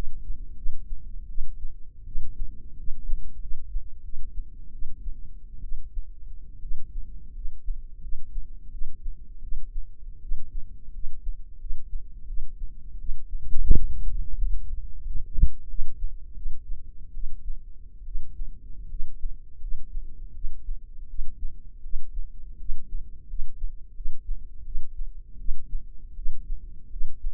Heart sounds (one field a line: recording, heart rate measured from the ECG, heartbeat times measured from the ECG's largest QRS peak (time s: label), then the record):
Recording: heart sounds by microphone in the left ear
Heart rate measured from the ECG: 82 bpm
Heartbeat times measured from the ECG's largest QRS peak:
0.55 s: heartbeat
1.27 s: heartbeat
2.04 s: heartbeat
2.76 s: heartbeat
3.39 s: heartbeat
4.02 s: heartbeat
4.71 s: heartbeat
5.61 s: heartbeat
6.60 s: heartbeat
7.32 s: heartbeat
8.00 s: heartbeat
8.70 s: heartbeat
9.40 s: heartbeat
10.20 s: heartbeat
10.92 s: heartbeat
11.58 s: heartbeat
12.26 s: heartbeat
12.97 s: heartbeat
13.67 s: heartbeat
14.38 s: heartbeat
15.03 s: heartbeat
15.67 s: heartbeat
16.34 s: heartbeat
17.13 s: heartbeat
18.04 s: heartbeat
18.88 s: heartbeat
19.59 s: heartbeat
20.33 s: heartbeat
21.07 s: heartbeat
21.82 s: heartbeat
22.57 s: heartbeat
23.27 s: heartbeat
23.93 s: heartbeat
24.63 s: heartbeat
25.37 s: heartbeat
26.15 s: heartbeat
26.89 s: heartbeat
From the record:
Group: healthy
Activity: rest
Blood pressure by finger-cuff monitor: 105/67 mmHg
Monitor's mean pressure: 81 mmHg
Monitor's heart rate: 83 bpm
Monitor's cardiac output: 7.2 L/min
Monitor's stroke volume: 84 mL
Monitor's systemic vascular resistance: 830 dyn s/cm5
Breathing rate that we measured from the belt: 15 breaths a minute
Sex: female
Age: 22 years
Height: 157 cm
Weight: 47.6 kg